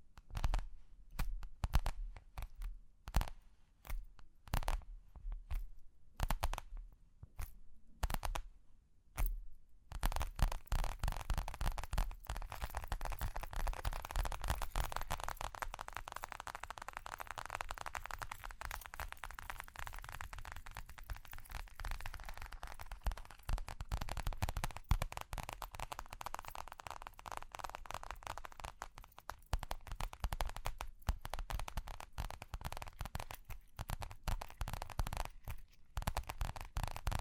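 Sharp taps and scratches open the recording, separate crisp hits with short silences between them for the first ten seconds. After that the sound turns into a dense, continuous rustling scratch with quick crackles throughout, swelling slightly around the middle and growing choppier near the end.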